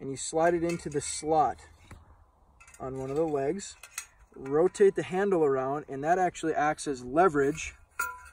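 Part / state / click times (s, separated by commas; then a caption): camp saw lever handle locking into the saw frame leg to tension the blade / not seated / none. On a Spring Creek Manufacturing Tuff Camp Saw, a folding camp saw, the nut at the end of the blade is slid into the slot on one leg, and the handle is rotated around as a lever to tension the blade. Someone talks throughout, with faint handling sounds in the pauses and a brief, sharper sound near 8.0 s. The clip ends before the handle snaps into place: nothing has seated or clicked yet.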